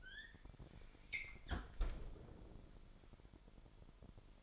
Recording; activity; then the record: daily activity, microphone in the room; close fridge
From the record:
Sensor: 5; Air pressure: 1002.0 hPa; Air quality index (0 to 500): 221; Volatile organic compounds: 27 ppm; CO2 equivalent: 2876 ppm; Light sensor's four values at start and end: 10/24/10/11 and 9/22/9/10